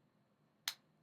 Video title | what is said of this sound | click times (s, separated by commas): Give your hands a break with these electric screwdrivers from Fanttik! | nice solid click | 0.7 s